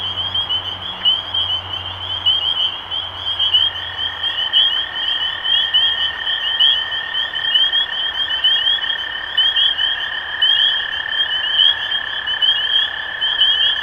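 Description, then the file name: Chorus of spring peepers, many shrill rising peeps overlapping, with a steady tone beneath for most of it and a low hum early on. Recorded 23 March 2012. "Peepers-2012-0323"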